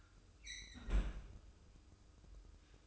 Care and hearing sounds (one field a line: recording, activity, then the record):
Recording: daily activity, microphone in the room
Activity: close fridge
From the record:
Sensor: 2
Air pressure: 995.1 hPa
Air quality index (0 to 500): 65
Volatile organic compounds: 2 ppm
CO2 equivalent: 1107 ppm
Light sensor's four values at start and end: 17/55/21/21 and 17/54/21/20